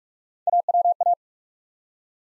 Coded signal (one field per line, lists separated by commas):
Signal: Morse code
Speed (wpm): 44 wpm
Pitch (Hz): 700 Hz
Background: none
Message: AWA